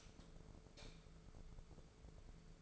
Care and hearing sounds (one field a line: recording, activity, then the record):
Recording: daily activity, microphone in the room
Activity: light off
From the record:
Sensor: 5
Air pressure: 1014.8 hPa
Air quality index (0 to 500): 169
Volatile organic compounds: 6 ppm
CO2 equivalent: 1864 ppm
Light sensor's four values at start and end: 111/268/114/126 and 110/261/112/123